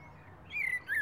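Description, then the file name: Common blackbird: a short thin whistled note sliding down, then a brief second note, over quiet low background hum. "Turdus merula"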